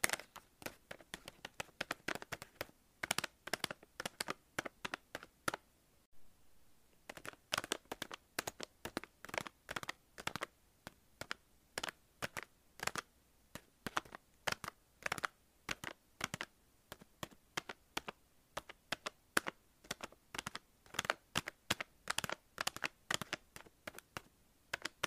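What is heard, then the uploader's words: Quick, irregular tapping with crisp, sharp clicks. The taps come in dense, uneven runs across the whole clip, pausing briefly around six seconds before resuming. The background between taps is quiet. Soothing Repetitive Random Tapping. No Talking.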